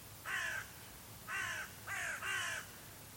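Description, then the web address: Bird giving harsh, hoarse caws: a single call, a second call, then a pair in quick succession, each about a third of a second long, over quiet background hum. "cianscape. Deverinetal 2025. Bird Only"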